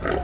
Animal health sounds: contact call of a hoofed animal; wild boar; grunt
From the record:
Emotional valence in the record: negative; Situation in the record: naturally occurring agonistic interactions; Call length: 0.23 s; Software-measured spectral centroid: 1380 Hz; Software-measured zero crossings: 1310 a second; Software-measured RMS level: -25 dBFS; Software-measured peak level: -12 dBFS

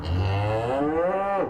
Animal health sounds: contact call of a hoofed animal; cattle; low-frequency (closed-mouth) or high-frequency (open-mouth) call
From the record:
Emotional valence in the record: negative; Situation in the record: full separation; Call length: 1.50 s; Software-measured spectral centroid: 1170 Hz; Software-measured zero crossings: 1080 a second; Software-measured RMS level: -24 dBFS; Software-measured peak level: -14 dBFS

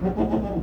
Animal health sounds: contact call of a hoofed animal; goat; low-frequency (closed-mouth) or high-frequency (open-mouth) call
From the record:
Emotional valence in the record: positive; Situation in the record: food anticipation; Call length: 0.63 s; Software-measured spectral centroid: 920 Hz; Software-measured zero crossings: 720 a second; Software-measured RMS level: -24 dBFS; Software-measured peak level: -11 dBFS

